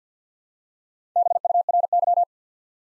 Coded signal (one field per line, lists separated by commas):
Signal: Morse code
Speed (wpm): 50 wpm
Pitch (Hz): 700 Hz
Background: none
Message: BURY